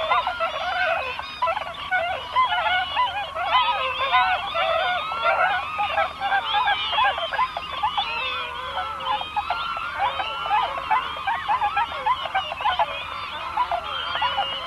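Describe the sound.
Bewick's swans calling together, a dense, unbroken chorus of bugling and yelping notes from many birds, pitches sliding up and down throughout.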